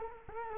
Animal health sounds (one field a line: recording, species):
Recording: mosquito wingbeat signal from an infrared sensor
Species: Culex quinquefasciatus